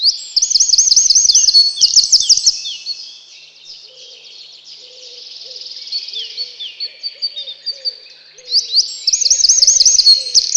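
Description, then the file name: Eurasian wren with a loud rapid trill, softer high warbling and faint lower notes in the middle, then another fast ringing trill at the end. "крапивник"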